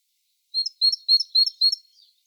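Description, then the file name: Great tit giving a short run of five bright high notes, each pair-like with a sharp upper accent, delivered in a steady rhythm over just over a second. "Parus major"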